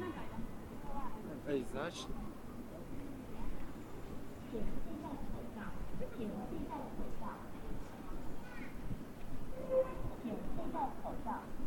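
At Chengdu's Chunxi Road, a steady wash of crowd chatter fills the clip, with overlapping voices, scattered brighter calls and occasional short clicks.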